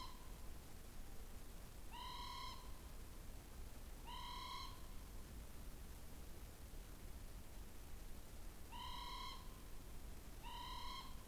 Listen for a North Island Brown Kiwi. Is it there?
no